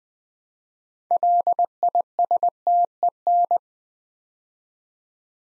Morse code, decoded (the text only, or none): LISTEN